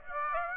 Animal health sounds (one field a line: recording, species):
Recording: mosquito wingbeat signal from an infrared sensor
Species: Aedes aegypti